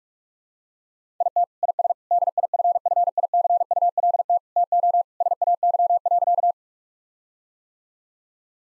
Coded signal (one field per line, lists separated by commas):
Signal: Morse code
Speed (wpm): 46 wpm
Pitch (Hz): 700 Hz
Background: none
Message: IT IS DIFFICULT TO SAY.